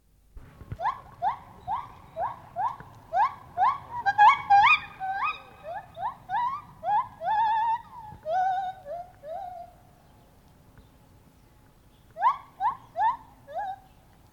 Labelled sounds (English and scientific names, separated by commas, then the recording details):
Lar Gibbon (Hylobates lar)
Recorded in captivity
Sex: male
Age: adult
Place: Tierpark Berlin, Berlin, DE
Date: 1983-10-01
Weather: sonnig, ca 3 °C, leichter Wind
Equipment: Nagra SN, Kopie Uher 4000 Report Monitor
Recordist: Tembrock, Günter